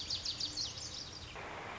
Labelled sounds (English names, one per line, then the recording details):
Lazuli Bunting
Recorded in Sonoma County, California